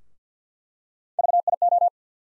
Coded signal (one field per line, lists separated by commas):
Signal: Morse code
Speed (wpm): 50 wpm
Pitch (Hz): 700 Hz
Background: none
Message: VIO